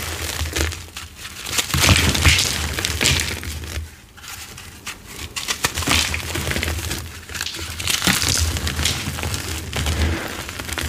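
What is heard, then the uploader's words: Chalk and crisp cornstarch being crushed, making dense, crackling crunches that swell and fade in waves every couple of seconds. The crinkly bursts are bright and gritty, with a short lull near four seconds, over a steady low hum underneath. Satisfying dyed gym chalk crush + crispy ombré cornstarch crunchies reforms.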